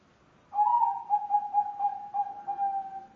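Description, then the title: Dove song with a long, even, low hollow note that swells in quick rhythmic pulses for nearly three seconds over quiet background noise. "Canto Da Pomba"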